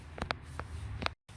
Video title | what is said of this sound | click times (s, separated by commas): Hyundai Veloster Rear Hatch Release Switch Replacement. | It just uh snaps into place with a with a fist. | 0.3 s, 1.1 s